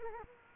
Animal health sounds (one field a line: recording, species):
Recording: mosquito wingbeat signal from an infrared sensor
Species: Culex quinquefasciatus